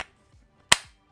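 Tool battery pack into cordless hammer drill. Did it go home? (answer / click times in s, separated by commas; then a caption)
yes / 0.7 s. A 20V battery pack is slid onto a cordless hammer drill's battery mount and latches with a single sharp, bright click at 0.7 s that fades quickly, after a faint short sound at the very start and soft faint rustles around 0.3–0.4 s. The battery is seated with a firm, positive click.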